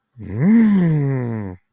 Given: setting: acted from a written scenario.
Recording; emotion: vocal sound without words; triumph